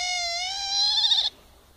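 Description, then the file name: Otter producing a single sustained, harmonic squealing whistle that rises slightly and grows louder before stopping abruptly. "vidra"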